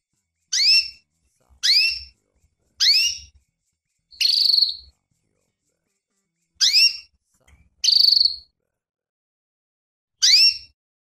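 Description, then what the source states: Canary giving a series of sharp upward-sweeping chirps roughly every one to two seconds, broken by two longer buzzy level notes; nothing else audible. Female canary in breeding condition (lenjeh), calling.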